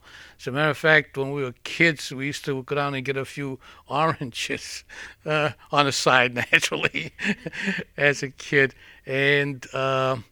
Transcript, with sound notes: As a matter of fact, when we were kids we used to go down and get a few oranges, on the side naturally. ((he laughs)) As a kid. And